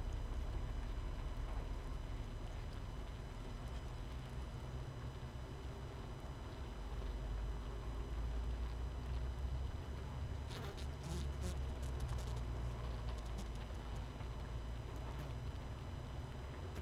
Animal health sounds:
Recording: honeybee colony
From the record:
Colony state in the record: missing queen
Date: 31 May 2018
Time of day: 20:57

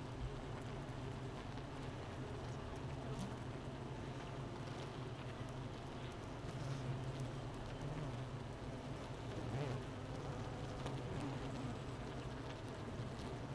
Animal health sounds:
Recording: honeybee colony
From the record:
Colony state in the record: missing queen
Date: 31 May 2018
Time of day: 9:49

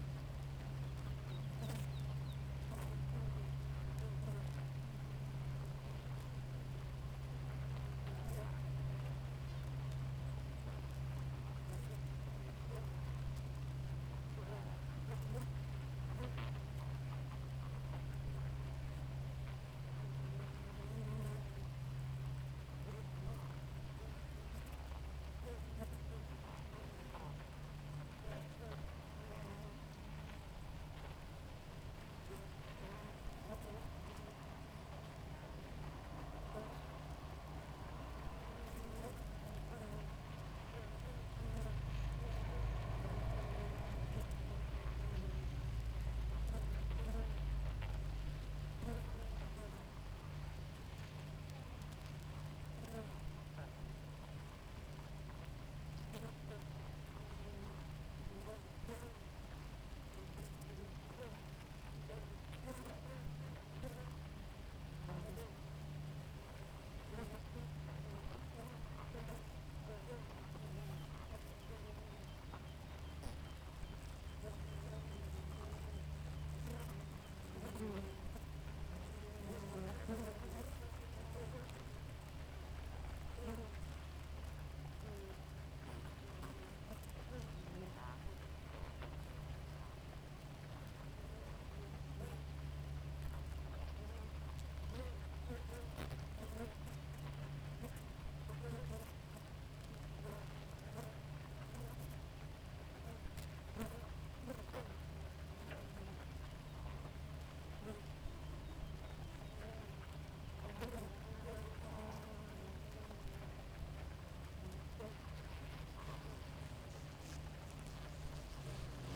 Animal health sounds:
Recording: honeybee colony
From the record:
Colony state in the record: active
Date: 28 July 2017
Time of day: 4:26

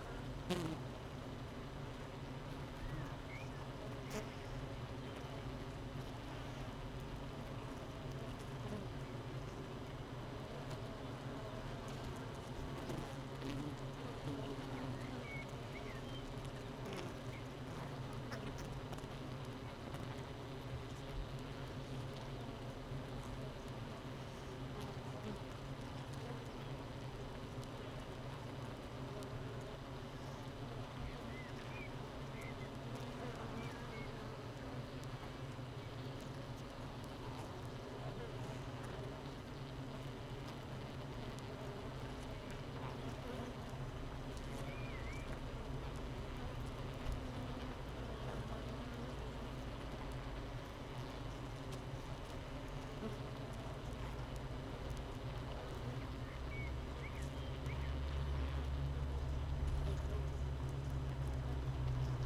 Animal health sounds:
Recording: honeybee colony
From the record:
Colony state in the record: missing queen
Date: 31 May 2018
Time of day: 7:42

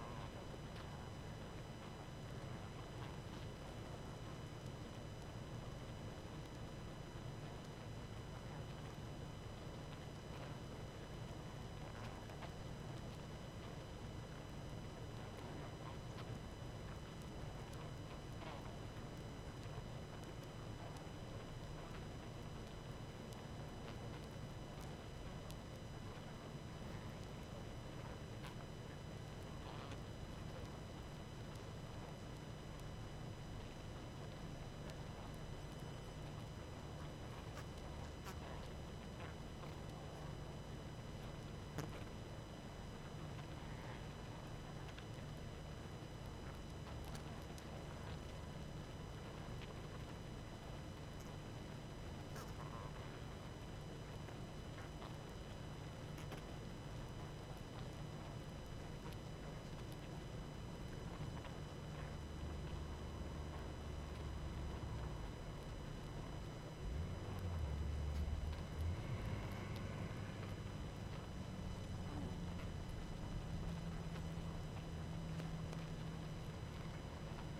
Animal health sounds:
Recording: honeybee colony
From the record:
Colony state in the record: active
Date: 12 June 2018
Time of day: 20:53

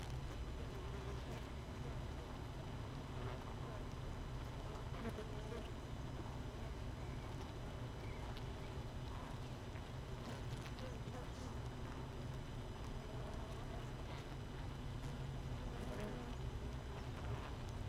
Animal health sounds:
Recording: honeybee colony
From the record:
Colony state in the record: missing queen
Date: 31 May 2018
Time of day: 6:40

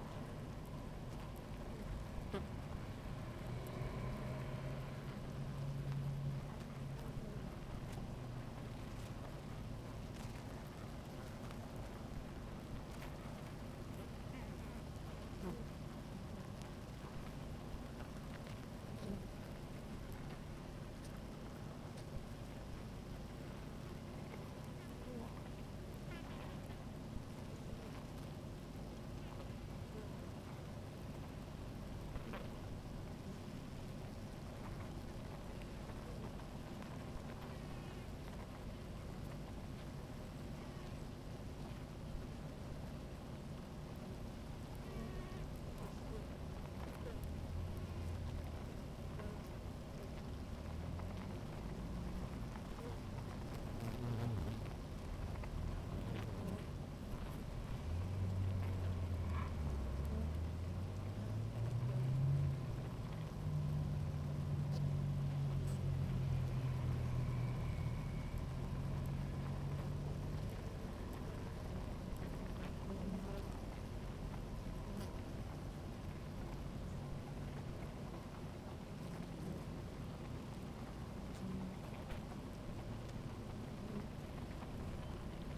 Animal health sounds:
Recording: honeybee colony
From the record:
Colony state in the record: active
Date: 28 July 2017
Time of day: 16:38

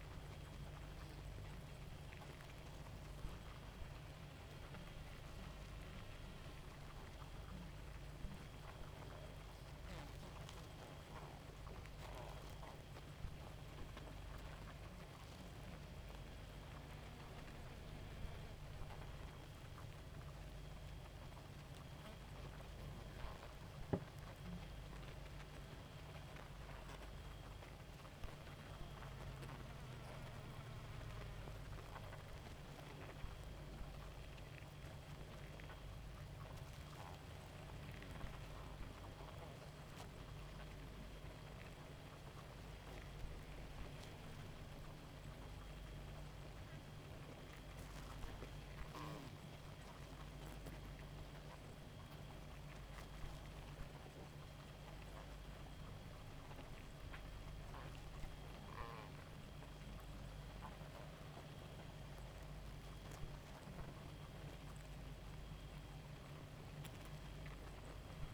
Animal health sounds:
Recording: honeybee colony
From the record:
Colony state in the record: active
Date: 28 July 2017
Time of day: 0:44

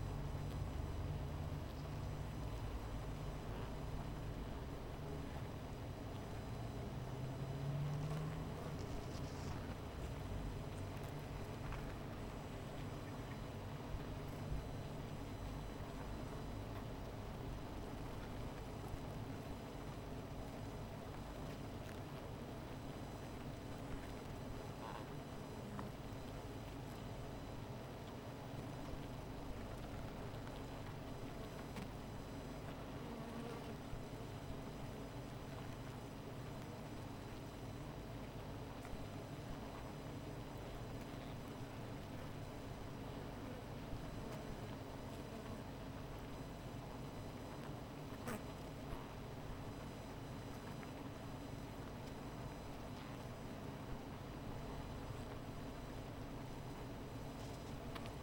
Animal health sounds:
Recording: honeybee colony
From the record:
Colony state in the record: missing queen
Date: 14 July 2017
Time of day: 16:52

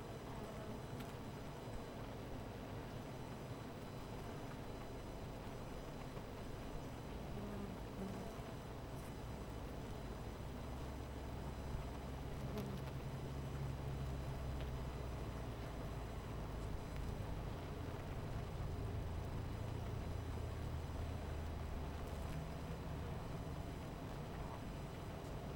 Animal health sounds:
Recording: honeybee colony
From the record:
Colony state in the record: missing queen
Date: 14 July 2017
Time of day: 17:15

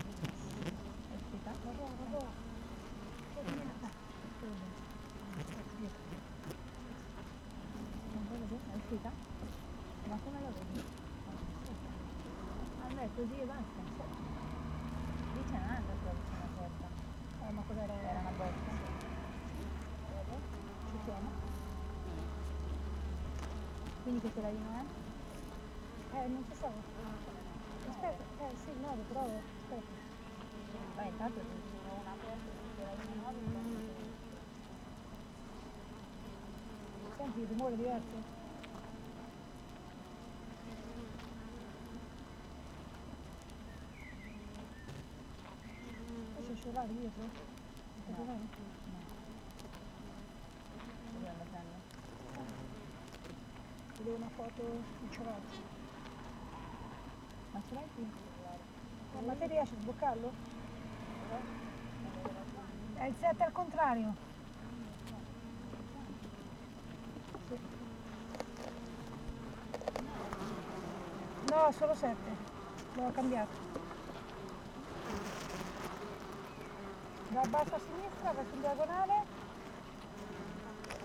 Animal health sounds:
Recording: honeybee colony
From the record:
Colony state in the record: active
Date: 12 June 2018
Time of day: 7:48

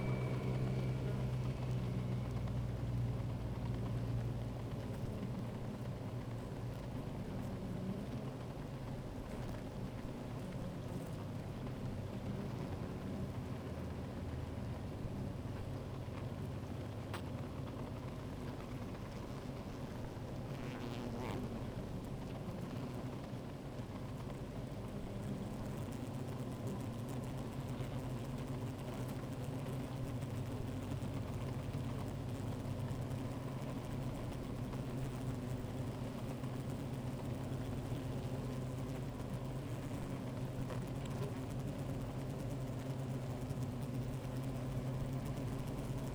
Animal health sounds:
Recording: honeybee colony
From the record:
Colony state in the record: active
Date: 28 July 2017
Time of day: 13:43

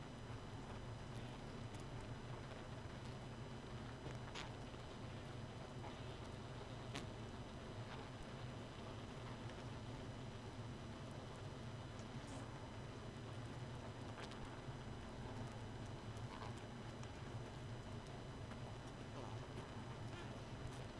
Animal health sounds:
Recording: honeybee colony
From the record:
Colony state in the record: missing queen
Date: 31 May 2018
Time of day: 2:07

